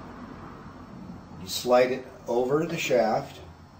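A roller bearing holder is being handled onto a machine shaft, slid over it before its Allen bolt is finger-tightened so a spring-loaded steel ball can lock into the recess. Someone talks over a faint low hum, with no distinct tick heard. Nothing has seated or clicked yet.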